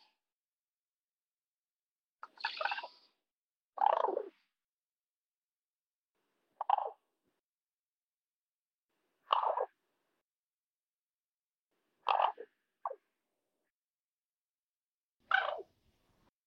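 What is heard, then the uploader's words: A common raven makes short, sharp clicking and knocking sounds in brief bursts every few seconds against complete silence, each one bright. Common Raven, Corvus corax, collection of non-vocal "mechanical" or primarily non-vocal sounds, clicking tongues, bill snaps, whistling, etc, isolated Recorded in the beautiful Pacific Northwest, Washington, United States.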